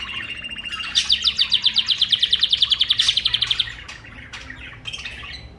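Bird song opening with a thin steady trill, swelling into a loud rapid rattle, then fading into quieter scattered chirps.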